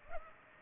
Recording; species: mosquito wingbeat signal from an infrared sensor; Culex pipiens